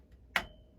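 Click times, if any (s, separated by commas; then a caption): 0.4 s. With one side already seated, the unseated second side of a 3D-printed plastic stack clip is pushed onto a Tethrd Skeletor climbing stick, with no stealth strips fitted. A faint tick is followed by a single sharp, bright click at 0.4 s that leaves a brief high ring. The clip snaps fully seated onto the stick.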